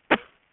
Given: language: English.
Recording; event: throat vibration sensor signal played as sound; cough